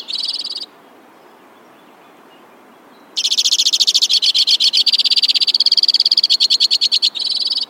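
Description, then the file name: White-winged crossbill: a brief trill, a quiet gap of over two seconds, then a long rolling trill series ending in a faster burst. "suara-kicauan-burung-white-winged-crossbill 3-omkicau"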